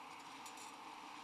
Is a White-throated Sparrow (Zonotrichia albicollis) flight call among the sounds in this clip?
no